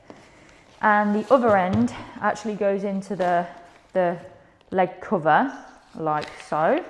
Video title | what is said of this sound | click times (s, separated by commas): Best Ways to Ice Your Knee After ACL Surgery (What Actually Works) | And that just gets pushed in like that. And you'll hear a little click. | 0.1 s